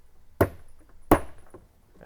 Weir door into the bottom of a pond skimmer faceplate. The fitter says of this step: take your door this is going to snap in place at the bottom and